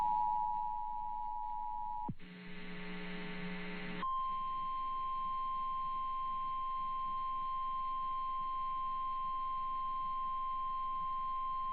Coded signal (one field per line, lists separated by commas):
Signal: Emergency Alert System (SAME) tones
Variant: 853 and 960 Hz attention tone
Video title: 10:03 PM 7/1/2026 WPHN-FM Severe Thunderstorm Warning EAS